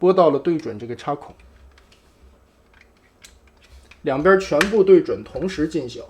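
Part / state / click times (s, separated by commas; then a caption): toy tabs into sockets on the transforming figure / not seated / none. Someone talks while handling a Star Toys ST-01 Lightning transforming robot toy, lining up the plastic tabs on both sides with their sockets at the same time before pushing them home. Faint, short handling ticks come at about 1.8, 1.9, 2.8, 3.2, 3.5 and 3.9 seconds during a quiet gap between the talking. Nothing has seated or clicked yet.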